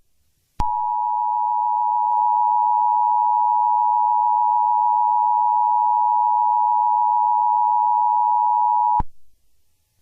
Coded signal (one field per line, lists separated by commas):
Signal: Emergency Alert System (SAME) tones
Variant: 853 and 960 Hz attention tone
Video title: EAS scenario 5: whitty’s explosion part 3 the return of slendybob, slendybowl and slendycane